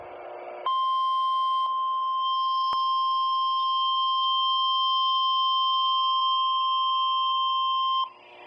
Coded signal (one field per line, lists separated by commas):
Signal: Emergency Alert System (SAME) tones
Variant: 1050 Hz attention tone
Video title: Tornado Warning For East Central Illinois (EAS 27-28) 1/3/23